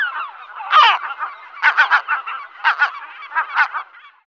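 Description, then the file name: Gull calls, a series of nasal, yelping cries in uneven clusters about once a second. "Gaviota"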